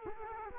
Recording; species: mosquito wingbeat signal from an infrared sensor; Culex quinquefasciatus